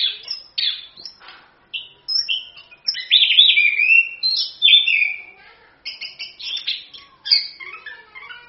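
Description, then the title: Orange-headed thrush singing a fast, varied medley of sweet whistles, slurred notes and dry chattering phrases, delivered in short bursts with little pause. Used as a lure recording to prompt a kept bird to sing; song described as continuous, lively singing. "ANIS KEMBANG GACOR, ANIS KEMBANG NGEROL, PANCINGAN ANIS KEMBANG BIAR BUNYI"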